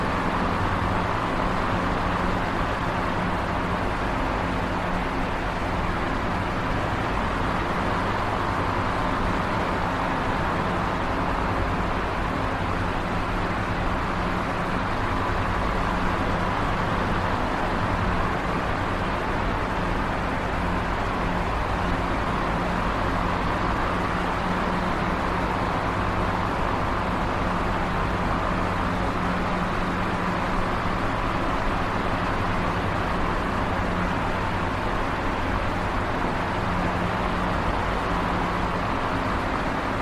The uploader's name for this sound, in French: Intérieur d'une navette spatiale